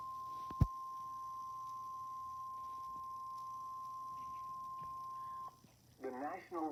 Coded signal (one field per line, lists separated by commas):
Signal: Emergency Alert System (SAME) tones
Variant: 1050 Hz attention tone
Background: speech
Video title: EAS #2,047 Online NOAA Weather Radio Severe Thunderstorm Warning #8 (From AMA) 6/8/25